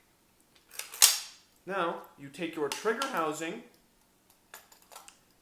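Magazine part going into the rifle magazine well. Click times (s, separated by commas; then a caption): 1.0 s. A piece of an SKS rifle's internal magazine is pushed into the magazine well, at the spot where the 30-round detachable magazine's front lip goes, and it pops into place at about 1.0 s, sitting flush. Someone then talks, and a few faint clicks and taps follow near the end.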